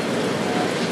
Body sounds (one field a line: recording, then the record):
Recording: background sound without coughing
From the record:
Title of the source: Office Sounds Ambience - Background Noise for Study and Work